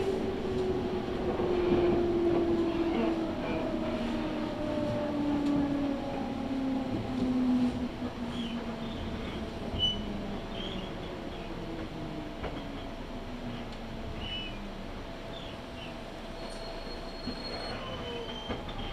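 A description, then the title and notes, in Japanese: A train on the Tokaido Line moves past a station platform while someone waits to board. A steady low rumble runs throughout, with a long, slowly falling whine loudest in the first eight seconds. Brief higher squeals and clicks appear later as the sound gradually quiets. 東海道本線 浜松→豊橋。6:20発の豊橋行きに乗車して。多少は通勤通学ラッシュにも入りこみます。ホームで列車がくるのを待ちながら乗りこむ。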